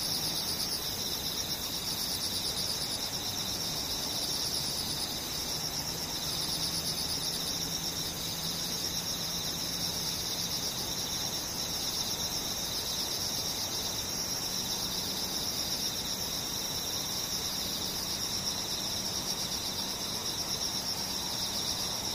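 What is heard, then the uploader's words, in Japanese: Cicadas and other insects buzz in a steady, dense high drone, with faint pulsing trills above and a low hum drifting underneath. セミムシ。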